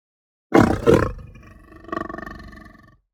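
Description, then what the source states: Lion giving two harsh, loud roaring snarls in quick succession, followed by a pulsing growl that rattles and fades over about a second. Playful behaviour; the lion roars, growls and snarls.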